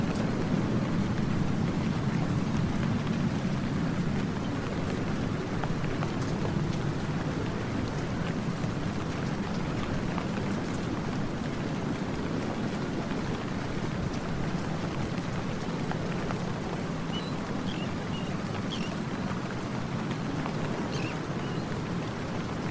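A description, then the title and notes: Rain falls steadily and densely, a constant patter with a full, low body and hiss across the top. The level barely changes over the whole stretch. A few faint high chirps, like birds, surface briefly near the end. Peaceful Rain Sound, Rain Ambience. Rain soundscapes.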